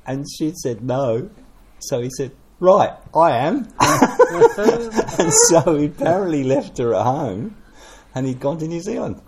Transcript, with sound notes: And she’d said, “No.” So he said, “Right – I am.” [Chuckle] And so he’d apparently left her at home and he’d gone to New Zealand;